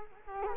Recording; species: mosquito wingbeat signal from an infrared sensor; Culex quinquefasciatus